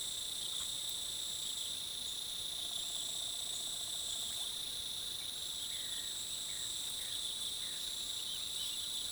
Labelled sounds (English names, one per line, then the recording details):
Slaty-headed Tody-Flycatcher
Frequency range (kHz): Slaty-headed Tody-Flycatcher 1.4-2.4 kHz
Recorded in forest near Pivijay, Magdalena, Colombia, on 13 April 2023 at 07:00
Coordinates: 10.467, -74.380
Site Z5-G034